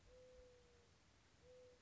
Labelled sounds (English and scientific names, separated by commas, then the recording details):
Mourning Dove (Zenaida macroura)
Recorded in Sonoma County, California